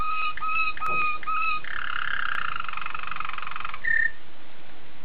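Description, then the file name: Waterslager canary song: spaced whistled notes, then a long rich rolling trill and a short clear closing whistle. Waterslager breed of canary. "suara kenari waterslager"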